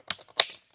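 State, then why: Seated. Thumbs press the plastic tabs of a comb honey insert into the groove of a wooden frame top bar. Two sharp snaps are heard at 0.1 s and 0.4 s as two tabs seat home, with fainter ticks between them and after. The tabs are confirmed seated.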